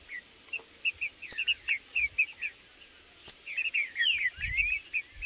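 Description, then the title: Green-winged saltator calls and song: quieter run of short chipping notes, then a burst of slurred whistles near the end, with a faint low thump. Trinca-ferro calling (piando), singing and 'macheando' in a dispute, in the bush with a free (solto) bird; birds named Blindado and Tufão. "Seu TRINCA Piando, Cantando E Macheando Na DISPUTA. Trinca Ferro no MATO Cantando e Macheando muito com Solto! Blindado e Tufão no mato"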